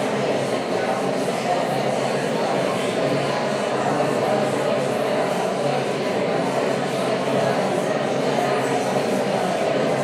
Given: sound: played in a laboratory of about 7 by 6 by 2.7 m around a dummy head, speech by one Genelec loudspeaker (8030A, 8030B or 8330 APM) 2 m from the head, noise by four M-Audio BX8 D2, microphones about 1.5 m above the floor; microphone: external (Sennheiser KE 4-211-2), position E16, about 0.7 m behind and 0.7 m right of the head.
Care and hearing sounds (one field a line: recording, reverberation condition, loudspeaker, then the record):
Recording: babble noise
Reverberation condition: high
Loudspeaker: four, about 170 cm from the corners of the room and facing them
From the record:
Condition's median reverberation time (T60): about 1300 ms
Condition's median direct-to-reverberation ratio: about -4.0 dB